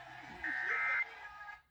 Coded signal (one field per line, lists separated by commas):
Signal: Emergency Alert System (SAME) tones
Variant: end-of-message bursts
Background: speech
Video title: 2023 National EAS Test - 10/4/23 (EAS #5)